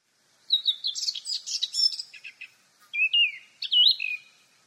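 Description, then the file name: Eurasian blackcap song: a quick scratchy warble of high chattering notes, then a pause and two clear fluted whistled phrases dropping in pitch. "Sylvia atricapilla"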